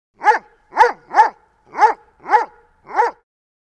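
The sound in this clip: Dobermann barking, six deep barks at an uneven pace, in two groups of three.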